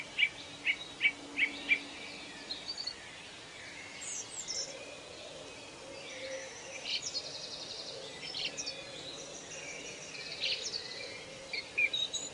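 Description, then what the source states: Birds chirping, several sharp high notes in quick succession open, followed by fainter mixed chirps and trills and a few louder notes near the end. Birds singing in a forest, presented as soothing nature sleep sounds.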